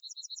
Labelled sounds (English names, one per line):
Yellowhammer song